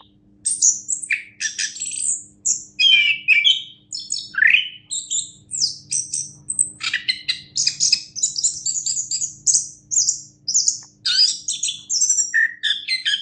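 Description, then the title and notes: Orange-headed thrush pouring out an unbroken run of high twittering notes, sharp chips and whistled slurs, phrases repeating in quick succession over a faint hum. Orange-headed thrush singing, described as a national champion songbird. "Anis Kembang Juara Nasional. kicau anis kembang"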